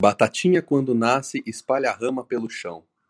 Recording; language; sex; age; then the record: short text; Brazilian Portuguese; female; 20 to 29 years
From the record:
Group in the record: control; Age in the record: 25 years